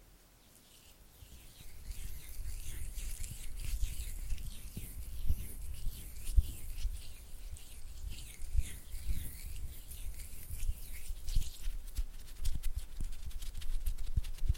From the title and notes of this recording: ASMR Oily Hand and Flutter Finger Sounds (No Talking).